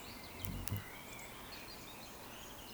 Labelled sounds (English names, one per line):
Eurasian Woodcock